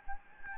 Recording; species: mosquito wingbeat signal from an infrared sensor; Anopheles gambiae